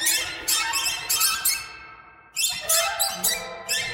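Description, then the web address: Birds giving dense, overlapping squeaky chatter in harsh bursts, with a short lull near the middle before the chorus resumes. "soundfactory birds"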